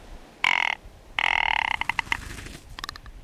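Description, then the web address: Rock ptarmigan making a short grating croak, then a longer rattling burst that breaks into rapid clicking pulses and fades out. "Birdnote. Attu and Its Island hopping Rock Ptarmigan"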